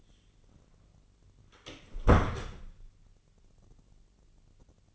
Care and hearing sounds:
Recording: daily activity, microphone in the room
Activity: close door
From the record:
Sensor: 4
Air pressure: 1010.0 hPa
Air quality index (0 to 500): 191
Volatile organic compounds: 3 ppm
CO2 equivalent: 1371 ppm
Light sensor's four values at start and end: 32/77/32/34 and 35/84/34/36

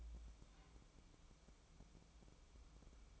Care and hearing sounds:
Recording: daily activity, microphone in the room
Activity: take from stove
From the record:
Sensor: 1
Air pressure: 1008.1 hPa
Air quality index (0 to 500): 135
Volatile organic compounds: 2 ppm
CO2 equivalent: 1135 ppm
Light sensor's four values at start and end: 8/18/7/8 and 8/18/7/8

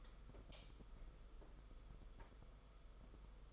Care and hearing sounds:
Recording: daily activity, microphone in the room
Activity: light on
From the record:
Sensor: 5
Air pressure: 991.1 hPa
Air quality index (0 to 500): 109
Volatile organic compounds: 25 ppm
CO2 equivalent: 2826 ppm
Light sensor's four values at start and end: 18/43/17/19 and 19/48/19/21

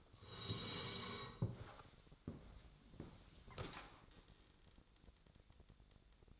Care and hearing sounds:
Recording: daily activity, microphone in the room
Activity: sit down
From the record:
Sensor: 3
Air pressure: 1000.4 hPa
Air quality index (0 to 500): 168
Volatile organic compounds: 3 ppm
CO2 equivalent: 1460 ppm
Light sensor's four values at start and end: 14/33/14/15 and 14/33/14/15

